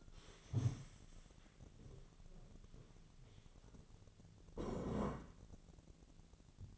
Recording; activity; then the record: daily activity, microphone in the room; stand up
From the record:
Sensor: 4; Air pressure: 1001.2 hPa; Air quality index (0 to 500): 182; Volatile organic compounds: 2 ppm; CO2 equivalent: 1308 ppm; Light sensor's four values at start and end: 14/33/13/14 and 14/33/13/14